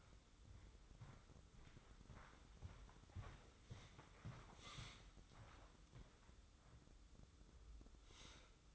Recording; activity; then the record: daily activity, microphone in the room; walk to room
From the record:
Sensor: 3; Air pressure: 995.5 hPa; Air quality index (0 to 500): 86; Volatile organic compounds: 8 ppm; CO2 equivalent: 2096 ppm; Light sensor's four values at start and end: 27/81/34/29 and 27/80/34/29